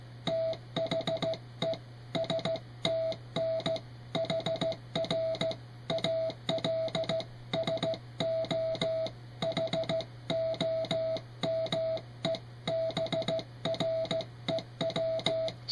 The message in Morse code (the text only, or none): THE STN HR ALSO HOMEBREW